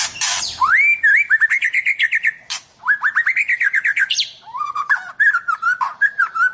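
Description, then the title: White-rumped shama song: a fast run of rich whistled notes and buzzy trills in rising and falling phrases, with only brief pauses between them. "Kicau Murai Batu"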